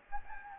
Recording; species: mosquito wingbeat signal from an infrared sensor; Anopheles gambiae